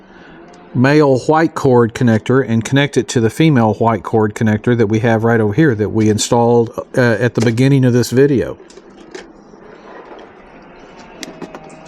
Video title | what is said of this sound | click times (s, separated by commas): Rigid SAE / Radiance Scene Combo Fog Light Kit Install for the Ford Bronco Capable Bumper | All right, snapped into place. | 11.2 s